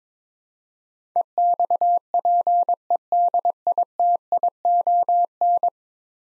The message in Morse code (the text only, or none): EXPEDITION